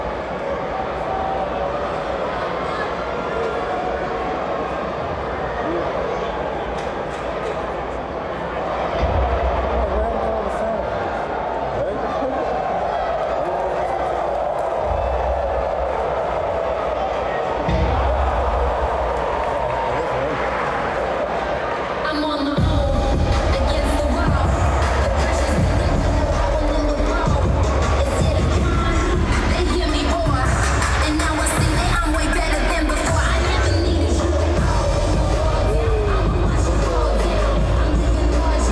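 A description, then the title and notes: WWE wrestling crowd at the Barclays Center: a dense, continuous roar of voices with chatter and shouts running throughout. Heavy low thuds land now and then early on, and around 22 seconds the noise jumps louder and brighter, with frequent booming impacts to the end. Wwe wrestling at Barclay center. Wrestling sounds.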